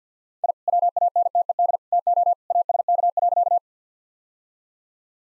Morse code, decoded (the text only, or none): I WANTED TO ASK.